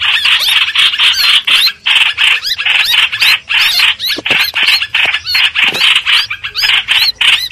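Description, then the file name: Streak-eared bulbul distress calls: rough, squealing notes in quick, jerky series, bursts broken by brief pauses. Distress call, given to call the flock. "Tieng chim trao trao keu cuu goi bay"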